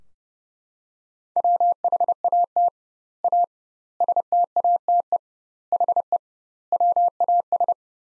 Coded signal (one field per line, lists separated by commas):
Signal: Morse code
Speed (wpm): 30 wpm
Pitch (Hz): 700 Hz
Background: none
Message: WHAT A STATE HE WAS